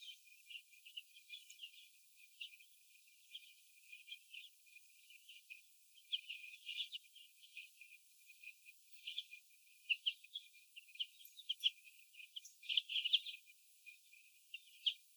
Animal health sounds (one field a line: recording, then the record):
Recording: young laying hens in a cage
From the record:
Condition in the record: before the stressor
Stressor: sudden umbrella opening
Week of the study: 2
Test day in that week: 1